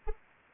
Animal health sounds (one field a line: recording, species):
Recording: mosquito wingbeat signal from an infrared sensor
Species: Anopheles arabiensis